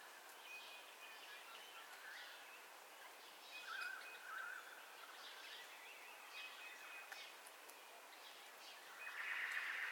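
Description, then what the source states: Birds calling at dawn, scattered chirps and whistles, a rapid trill near the middle and a louder trill at the end, over a background hiss. Dawn ambience with birdcalls, recorded in stereo.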